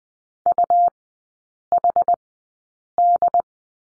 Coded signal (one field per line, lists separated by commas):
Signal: Morse code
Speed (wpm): 20 wpm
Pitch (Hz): 700 Hz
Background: none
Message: UHD